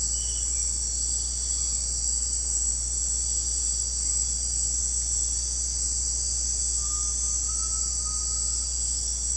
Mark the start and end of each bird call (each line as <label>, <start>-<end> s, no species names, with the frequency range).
bird call (0.7-1.4 kHz), 6.78-8.56 s